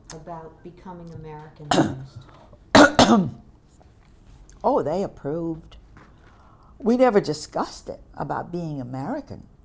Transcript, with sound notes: about becoming Americanized?
(clearing throat) Oh, they approved. We never discussed it, about being American.